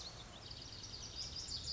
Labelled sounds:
Lazuli Bunting (Passerina amoena)
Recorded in Sonoma County, California

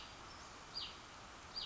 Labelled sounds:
Hutton's Vireo (Vireo huttoni)
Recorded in Sonoma County, California

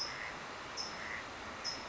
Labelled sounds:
California Towhee (Melozone crissalis)
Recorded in Sonoma County, California

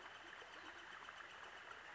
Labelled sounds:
Northern Flicker (Colaptes auratus)
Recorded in Sonoma County, California

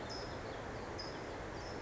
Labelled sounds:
California Towhee (Melozone crissalis)
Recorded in Sonoma County, California

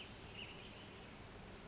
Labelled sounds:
Western Flycatcher (Empidonax difficilis)
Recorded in Sonoma County, California

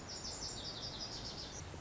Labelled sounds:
Lazuli Bunting (Passerina amoena)
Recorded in Sonoma County, California

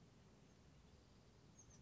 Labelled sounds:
Oak Titmouse (Baeolophus inornatus)
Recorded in Sonoma County, California

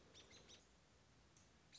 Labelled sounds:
American Robin (Turdus migratorius)
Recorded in Sonoma County, California

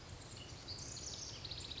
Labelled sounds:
House Wren (Troglodytes aedon)
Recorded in Sonoma County, California

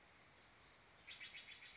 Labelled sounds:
Steller's Jay (Cyanocitta stelleri)
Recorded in Sonoma County, California

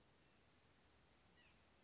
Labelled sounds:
White-breasted Nuthatch (Sitta carolinensis)
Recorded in Sonoma County, California

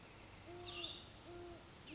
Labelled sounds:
Great Horned Owl (Bubo virginianus)
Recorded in Sonoma County, California

